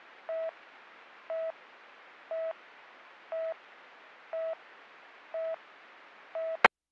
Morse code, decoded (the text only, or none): none